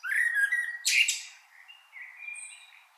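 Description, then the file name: Common blackbird song: a low fluty whistled phrase, then a sharp high squeaky burst and softer trailing notes. "Turdus merula"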